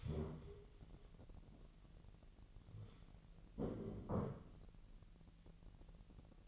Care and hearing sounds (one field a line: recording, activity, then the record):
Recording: daily activity, microphone in the room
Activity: stand up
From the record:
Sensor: 4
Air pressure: 1002.7 hPa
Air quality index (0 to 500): 249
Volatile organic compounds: 32 ppm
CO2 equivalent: 2998 ppm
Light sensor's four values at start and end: 11/24/10/10 and 11/24/10/10